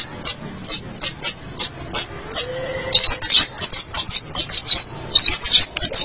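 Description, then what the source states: Long-tailed shrike singing high, thin squeaky notes, evenly spaced at first, then faster and more jumbled, with one soft lower whistle midway. Local name pentet; labelled 201703.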